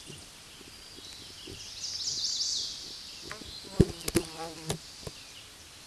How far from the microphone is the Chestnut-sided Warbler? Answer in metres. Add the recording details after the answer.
about 5 m. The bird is about level with the microphone. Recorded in a Pennsylvania forest on 16 May 2024 at 09:30. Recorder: AudioMoth, point MSD-2007. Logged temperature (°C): 16.1 °C. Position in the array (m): 36 m, 31 m